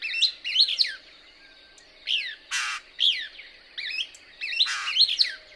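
Couch's Kingbird song: high twittering, sharply rising and falling notes in short bursts, with two loud harsh noise bursts between phrases.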